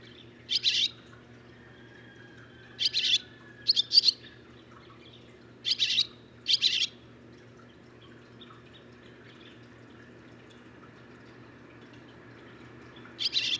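Barn swallow producing sharp, buzzy chirp notes in short clusters separated by irregular pauses, a quiet low hum underneath.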